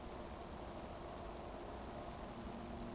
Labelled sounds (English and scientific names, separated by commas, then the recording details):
Eurasian Woodcock (Scolopax rusticola) whistle
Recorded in Baden-Württemberg, Germany, on 24 June 2020 at 20:19 UTC
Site 14569, 102 m above sea level